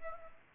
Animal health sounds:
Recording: mosquito wingbeat signal from an infrared sensor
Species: Aedes aegypti

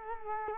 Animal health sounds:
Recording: mosquito wingbeat signal from an infrared sensor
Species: Culex quinquefasciatus

